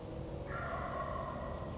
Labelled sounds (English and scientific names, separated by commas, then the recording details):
Wild Turkey (Meleagris gallopavo)
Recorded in Sonoma County, California